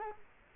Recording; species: mosquito wingbeat signal from an infrared sensor; Culex quinquefasciatus